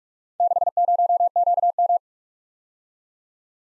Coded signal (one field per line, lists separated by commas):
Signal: Morse code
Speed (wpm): 42 wpm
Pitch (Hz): 700 Hz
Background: none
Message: 60QM